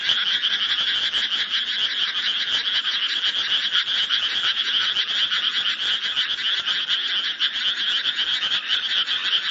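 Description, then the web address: Frog chorus: dense, overlapping trilled croaks fill the whole stretch with a steady, churning, two-pitched din. "ayase frog"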